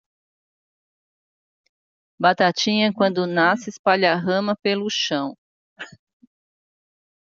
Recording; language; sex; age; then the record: short text; Brazilian Portuguese; female; 50 to 59 years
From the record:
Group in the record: control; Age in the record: 59 years